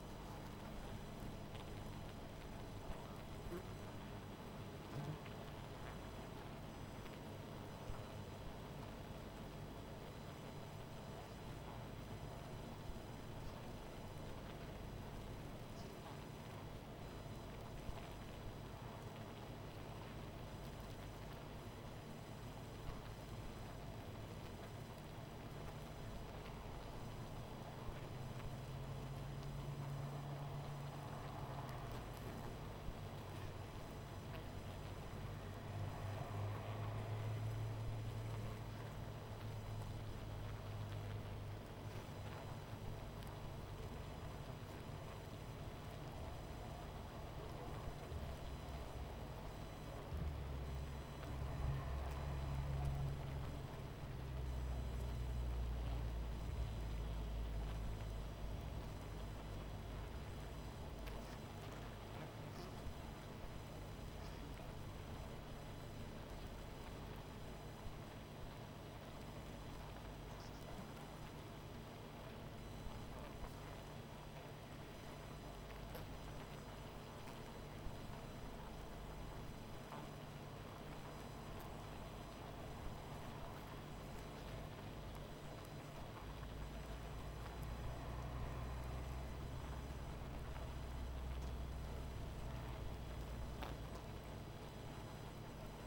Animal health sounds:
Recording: honeybee colony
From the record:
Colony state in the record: missing queen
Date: 14 July 2017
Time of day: 19:46

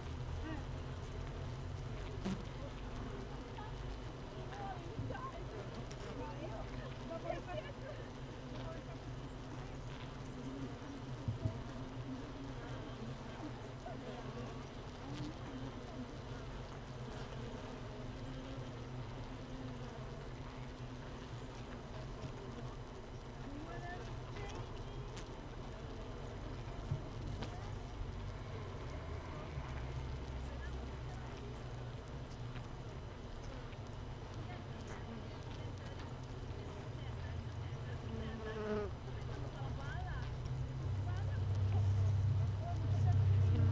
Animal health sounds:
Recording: honeybee colony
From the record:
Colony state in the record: missing queen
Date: 31 May 2018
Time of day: 15:54

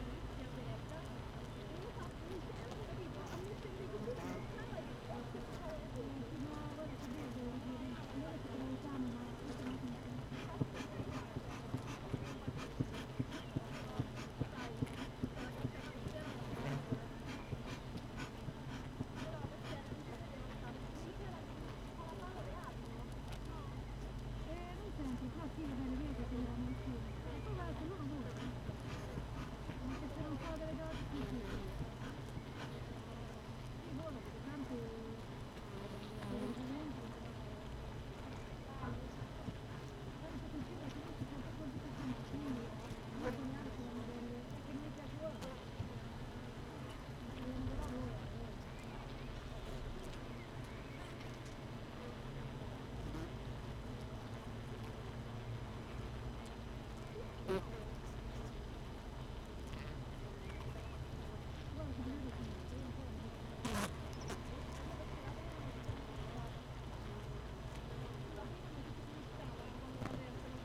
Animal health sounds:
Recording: honeybee colony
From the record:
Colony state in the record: missing queen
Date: 31 May 2018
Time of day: 16:05

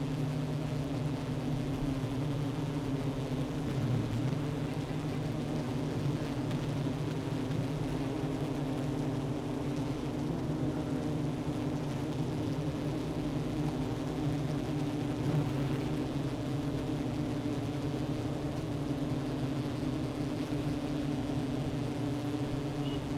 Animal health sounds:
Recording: honeybee colony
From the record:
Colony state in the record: active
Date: 12 June 2018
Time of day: 11:06

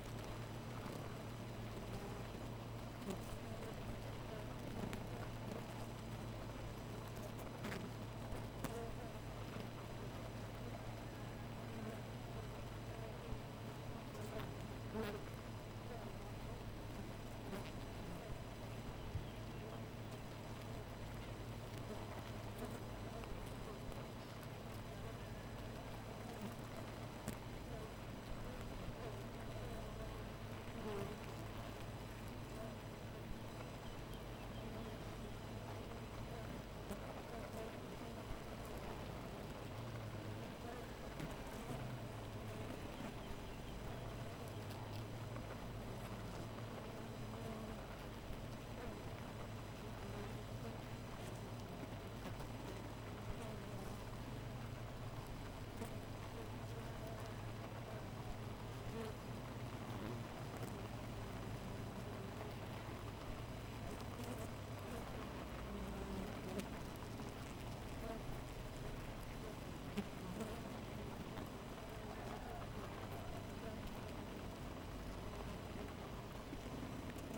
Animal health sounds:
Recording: honeybee colony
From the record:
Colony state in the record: missing queen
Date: 14 July 2017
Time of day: 4:08

